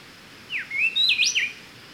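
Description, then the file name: Speckle-breasted Wren giving a rich whistled phrase of about a second, sliding notes rising and falling between mid and high pitch, over faint background hiss. "Pheugopedius sclateri - Speckle-breasted Wren"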